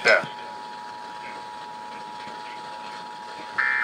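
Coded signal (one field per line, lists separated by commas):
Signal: Emergency Alert System (SAME) tones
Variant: 853 and 960 Hz attention tone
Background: speech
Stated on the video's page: Pennsylvania Required Monthly Tests relayed by FM radio stations, an EASyCAST stream, TV subchannels and an AM 1020 station.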